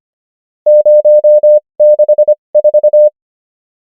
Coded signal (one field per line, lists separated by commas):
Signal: Morse code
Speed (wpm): 25 wpm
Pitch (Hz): 600 Hz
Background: none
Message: 064